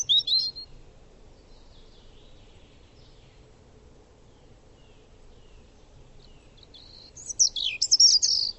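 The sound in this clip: Bird calls: a short burst of high chirps at the start, several seconds of near silence over a faint hum, then a dense run of shrill twittering notes.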